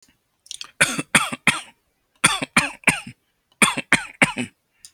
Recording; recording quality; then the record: shallow voluntary cough; moderate, slight background noise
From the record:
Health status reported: healthy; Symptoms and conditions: none ticked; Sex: male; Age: 36 years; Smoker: not ticked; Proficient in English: yes